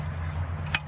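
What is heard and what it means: A folding camp chair leg joint is pushed into its frame socket and snaps into its locked position with a sharp click at 0.8 s, just after a brief rustling at 0.7 s, over a steady low hum. The joint is seated and the chair is now sturdy.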